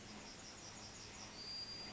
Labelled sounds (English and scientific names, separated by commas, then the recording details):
Yellowhammer (Emberiza citrinella) song
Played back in forest
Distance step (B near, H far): F
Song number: 044